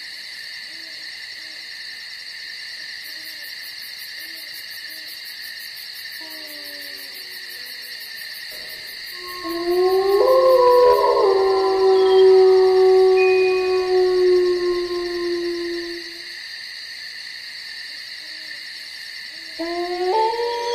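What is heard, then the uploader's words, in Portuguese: Crickets and insects keep up a steady, shrill chorus at night while wolves howl. Their long, wavering howls overlap, rising and sliding, and swell loudest from about ten to sixteen seconds before fading. Another howl begins right at the end. Som de Noite na Floresta com Lobos. Ouça o coral noturno dos grilos e insetos juntamente com os uivos dos lobos que rondam a floresta.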